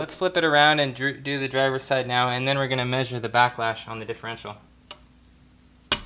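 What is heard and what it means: Someone talks while preparing to fit the driver's side metal retaining clip (circlip) into the groove on the side of an E90 BMW's Wavetrac limited-slip rear differential, tapping it around the ring. After the talking, a faint tick comes at 4.9 s and a loud, sharp hit at 5.9 s, but nothing has seated or clicked into place yet.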